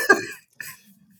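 Two quick, harsh coughs about half a second apart, the first louder and fuller, followed by a faint low throaty sound, from an adult with COVID-19 who is coughing a lot, with fevers, alternating sweating and chills, and 12 pounds lost in the last 5 days.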